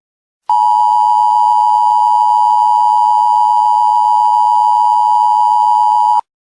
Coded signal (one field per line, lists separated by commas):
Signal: Emergency Alert System (SAME) tones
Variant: 853 and 960 Hz attention tone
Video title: Another eas mock